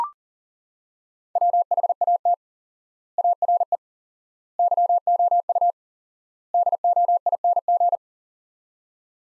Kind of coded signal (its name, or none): Morse code